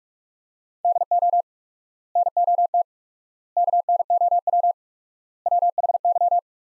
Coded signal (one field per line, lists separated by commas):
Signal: Morse code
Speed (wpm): 45 wpm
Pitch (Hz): 700 Hz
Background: none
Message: DO NOT KNOW WHY